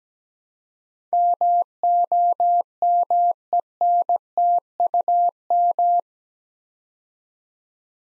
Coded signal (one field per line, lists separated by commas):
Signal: Morse code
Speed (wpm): 17 wpm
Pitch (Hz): 700 Hz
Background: none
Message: MOMENTUM